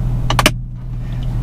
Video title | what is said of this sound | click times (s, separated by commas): Proclip usa phone holder install for my 2012 2SS Chevy Camaro with review | to hear it snap in the same place pull your little wedges back out | 0.3 s, 0.4 s, 0.5 s